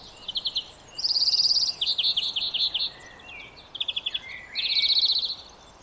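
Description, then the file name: European greenfinch calling in quick, high, rattling trills, several back to back and changing pitch from one burst to the next, over soft steady background noise. "Chloris chloris"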